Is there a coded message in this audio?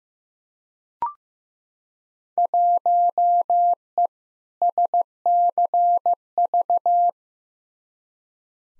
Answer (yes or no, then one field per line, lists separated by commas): yes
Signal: Morse code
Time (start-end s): 2.4-7.1 s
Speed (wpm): 15 wpm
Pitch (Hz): 700 Hz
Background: none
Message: 1E SCV